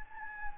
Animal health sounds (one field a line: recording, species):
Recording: mosquito wingbeat signal from an infrared sensor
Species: Anopheles gambiae